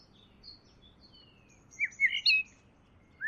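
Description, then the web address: Bird song: thin high notes, then a brief cluster of sharp chirps and a rising note at the very end. "Deverinetal. Bird Only"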